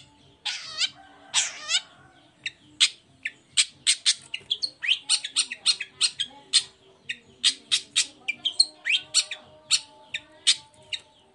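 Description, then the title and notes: Long-tailed shrike starting with two harsh grating bursts, then a long run of short sharp clicking and chipping notes with a few thin whistles. Cendet singing in the morning with varied 'toet toet' notes; used as a lure to provoke other shrikes into answering. "Cendet Gacor Dor Di Kala Pagi Toet Toet Variasi Suara. Pancingan Emosi Cendet Gacor Full Variasi Toet Toet Bikin Nyaut Cendet Lain Langsung Ikutan Bunyi. Burung cendet"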